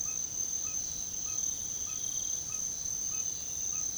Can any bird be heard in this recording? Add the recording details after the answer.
yes. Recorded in pastures near Puerto Asís, Putumayo, Colombia, on 9 March 2025 at 05:30. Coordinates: 0.486, -76.323. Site G075